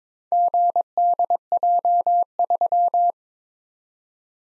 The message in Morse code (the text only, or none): GDJ3